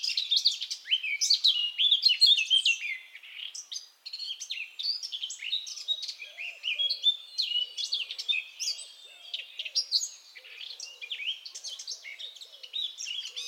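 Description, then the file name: Eurasian blackcap giving a busy, scratchy warble of rapid varied notes, loudest early and then steady; faint low soft notes sound in the background from the middle onward. "Sylvia atricapilla"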